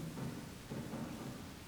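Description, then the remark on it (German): Dull, muffled drumming by prisoners against their cell doors as a last farewell to a fellow prisoner, a low rolling rumble of many overlapping thuds that swells twice in broad waves, with no voices. “Das dumpfe Trommeln gegen die Zellentüren, unseren letzten Gruß an ihn.”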